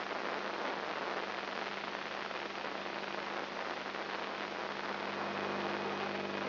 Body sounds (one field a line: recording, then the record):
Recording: brain microelectrode recording played as sound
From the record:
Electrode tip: inside the subthalamic nucleus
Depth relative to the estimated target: -1 mm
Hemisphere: right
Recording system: AlphaMap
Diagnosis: Parkinson's disease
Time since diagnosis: 7 years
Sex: female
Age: 55 years